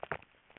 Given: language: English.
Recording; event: throat vibration sensor signal played as sound; swallow